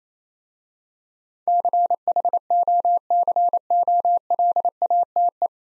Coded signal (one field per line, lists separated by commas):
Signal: Morse code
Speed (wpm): 29 wpm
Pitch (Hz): 700 Hz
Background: none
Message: CHOCOLATE